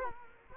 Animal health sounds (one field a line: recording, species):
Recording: mosquito wingbeat signal from an infrared sensor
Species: Culex quinquefasciatus